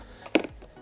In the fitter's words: now these plastics get pushed inboard until they click in and